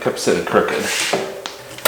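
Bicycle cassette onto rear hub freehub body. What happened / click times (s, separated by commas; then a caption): Handled, not yet home: cassette seats straight on freehub / none. Someone talks while re-tightening a loose rear cassette on the freehub body of a Cannondale Moterra SL 29er rear wheel; the cassette had kept sitting crooked because it wasn't seated properly, was too wide and was binding. Short sharp knocks are heard at about 1.5 s and 1.9 s. The cassette has not seated or clicked into place yet.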